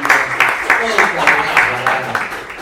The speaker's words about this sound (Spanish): El club de comedia acá presente, toda esta gente hermosa. ¿Puede ser un aplauso en esta noche? ¡Qué lindo!